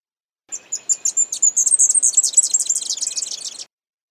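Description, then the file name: High, thin leaf warbler phrase: sparse sharp chirps that speed up into a dense, jittery twitter lasting roughly three seconds, then silence. "suara kicauan burung cikrakperi biru. omkicau"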